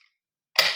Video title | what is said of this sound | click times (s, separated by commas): sofa cum bed | ഇതാണ് ഇതിന്റെ tower lock വരുന്നത് അതായത് ഇവിടെ ഒന്ന് പുഷ് ചെയ്ത് കൊടുക്കുകയാണെന്നുണ്ടെങ്കിൽ നമുക്ക് ലോക്ക് ഫ്രീ ആകും അപ്പൊ | 0.6 s